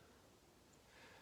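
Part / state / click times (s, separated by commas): bullet into shotgun slug sabot / not seated / none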